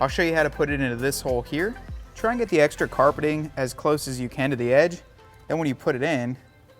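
A plastic retention grommet on a Mopar rear all-weather floor mat is being positioned over the matching grommet fitted in the cut carpet of a 2018 Jeep Wrangler JL, with the extra carpeting pushed close to the edge of the hole. Someone talks throughout as the mat is handled. Nothing has seated or clicked yet.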